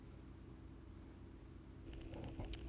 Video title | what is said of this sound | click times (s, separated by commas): ASMR Model Railroad 2024-03-27 | and then the wheels will just snap into place | 1.9 s, 2.5 s